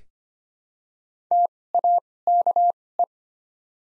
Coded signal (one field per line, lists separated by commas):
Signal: Morse code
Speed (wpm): 25 wpm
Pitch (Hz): 700 Hz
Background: none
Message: TAKE